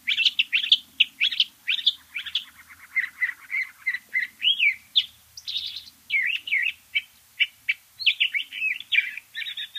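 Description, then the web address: Curve-billed thrasher song, a long run of varied, rich warbled phrases and sharp chirps, delivered rapidly with brief pauses, notes sliding up and down throughout. "Know Your Bird Sounds Common Western Species. Curve-billed Thrasher"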